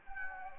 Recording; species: mosquito wingbeat signal from an infrared sensor; Anopheles gambiae